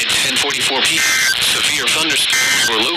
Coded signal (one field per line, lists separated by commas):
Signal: Emergency Alert System (SAME) tones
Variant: end-of-message bursts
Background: speech